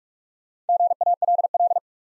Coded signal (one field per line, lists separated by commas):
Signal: Morse code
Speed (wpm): 44 wpm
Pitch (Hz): 700 Hz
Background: none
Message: GALL